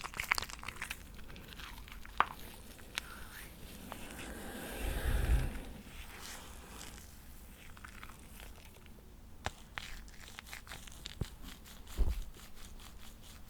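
Shaving foam on the mic gives a constant soft crackle and fizz of popping bubbles, dense and irregular. Sharp clicks and pops break through now and then, near 2, 3, 9.5, 11 and 12 seconds, and a heavier rustling surge swells around 5 seconds.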